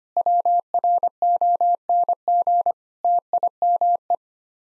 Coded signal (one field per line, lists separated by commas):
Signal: Morse code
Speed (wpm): 25 wpm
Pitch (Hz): 700 Hz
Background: none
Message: WRONG TIME